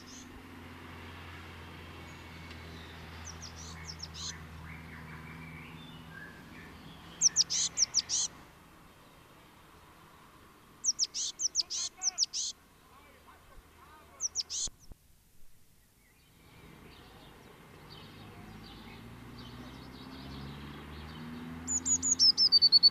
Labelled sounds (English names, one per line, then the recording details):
Eurasian Blue Tit song
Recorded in the wild
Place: Kaiserslautern, Rheinland-Pfalz, DE
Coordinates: 49.4284, 7.7788
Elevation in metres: 279
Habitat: garden
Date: 1977-06-17
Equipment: Nagra IV, Sennheiser MKH 405, Parabolreflektor
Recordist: Tretzel, Erwin